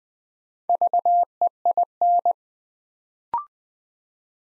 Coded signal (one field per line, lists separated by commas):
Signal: Morse code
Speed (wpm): 20 wpm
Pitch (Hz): 700 Hz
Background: none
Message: VEIN